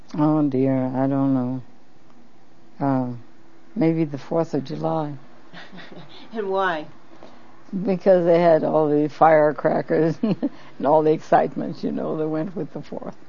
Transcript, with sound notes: Oh dear, I don't know. Uh - maybe the Fourth of July.
(laughs) And why?
Because they had all the firecrackers (laughs) and all the excitement, you know, that went with the Fourth.